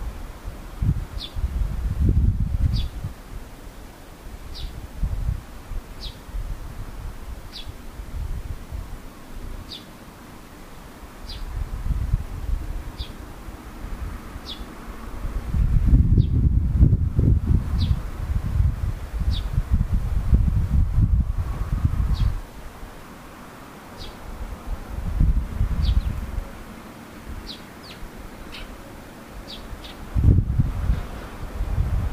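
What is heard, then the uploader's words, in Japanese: A swallow gives short, high chirps at a fairly regular pace, about one every second or two, sometimes in quick pairs near the end. Heavy low rumbling, like wind buffeting, comes in bursts, strongest around the middle and again near the end. ツバメ。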